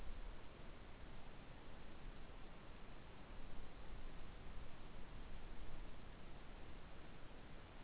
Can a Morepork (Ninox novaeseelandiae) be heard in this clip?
no